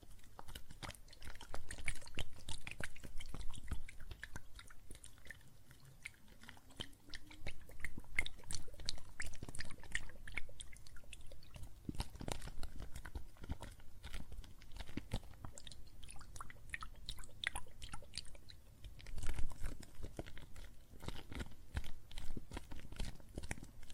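Soap foam fizzes with water in a dense, steady crackle of tiny pops, easing briefly around six seconds and swelling near nineteen.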